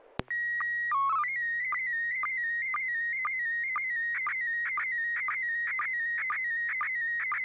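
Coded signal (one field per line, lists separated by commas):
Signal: SSTV (slow-scan television)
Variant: PD 120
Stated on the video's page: SSTV net on a 441.300 MHz FM repeater in Sacramento, CA, using MMSSTV.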